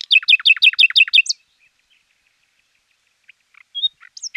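Common nightingale song beginning with a fast repeated phrase of sharp downslurred notes, then a long pause and a few scattered whistles and chips.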